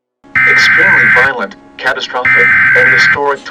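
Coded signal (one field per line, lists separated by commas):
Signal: Emergency Alert System (SAME) tones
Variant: header bursts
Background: speech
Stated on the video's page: Fictional EAS scenario with valid SAME tones: Tornado Emergency, Extreme Tornado Emergency and derecho extreme wind alerts for California.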